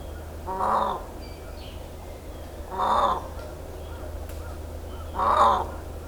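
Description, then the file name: Indian peafowl, three loud wailing calls spaced about two seconds apart, over a low steady hum. Miyakojima, 13 April 2017. "indokujaku miyakojima uemurashingo"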